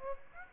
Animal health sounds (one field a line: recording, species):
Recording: mosquito wingbeat signal from an infrared sensor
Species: Aedes aegypti